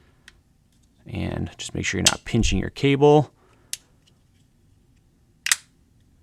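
Someone talks while a keyed plastic cinema back cover (a camera cage back shell) is lined up on its keyed pins and pushed straight onto the back of an A7C II mirrorless camera body. Sharp clicks come at 3.7 s and 5.5 s as the shell snaps into place. It ends fully seated, keyed in multiple places with no screws.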